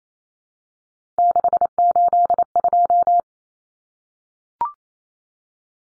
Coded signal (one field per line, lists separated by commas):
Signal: Morse code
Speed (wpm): 28 wpm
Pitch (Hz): 700 Hz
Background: none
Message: 682